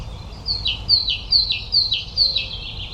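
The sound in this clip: Great tit singing a rhythmic two-note phrase, a high note dropping to a lower one, repeated about five times at an even pace.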